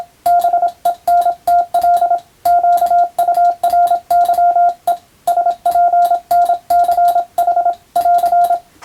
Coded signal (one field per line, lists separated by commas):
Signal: Morse code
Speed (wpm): 27 wpm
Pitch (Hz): 700 Hz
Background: radio noise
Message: BENTL QURYE SPNCH <AR>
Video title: ＦＴ８も楽しいけどＣＷはもっと楽しいぞ！モールス信号を操る匠の技！自分の頭の中で符号を変換して脳を活性化させよう！(morse code practice for radio operator )